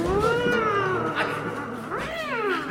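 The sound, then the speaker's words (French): A cat in the film Le Chat du Rabbin meows in two drawn-out, wavering calls, the first long and sliding down in pitch, the second rising then falling. Loud and steady throughout, with no talking. “Et j'ai pris l'apparence d'un chat pour t'éprouver.”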